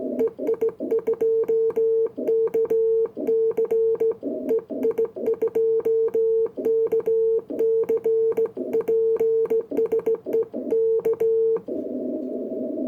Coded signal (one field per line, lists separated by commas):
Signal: Morse code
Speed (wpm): 17 wpm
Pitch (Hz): 450 Hz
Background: none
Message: EI2KC EI2KC PSE K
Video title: German Junker DBGM morse key demonstrated by EI2KC